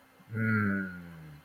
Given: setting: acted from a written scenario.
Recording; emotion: vocal sound without words; shame